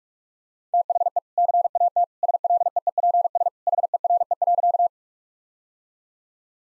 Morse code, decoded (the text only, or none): THE CAT SLEEPS HERE.